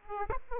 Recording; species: mosquito wingbeat signal from an infrared sensor; Aedes aegypti